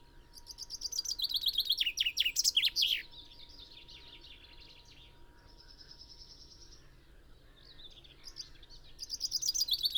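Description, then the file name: Common chaffinch song: a cascading series of sharp, high notes falling in pitch to a final flourish, then quieter twittering and the start of another phrase. "Fringilla coelebs"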